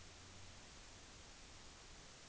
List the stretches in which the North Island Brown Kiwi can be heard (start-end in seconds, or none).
none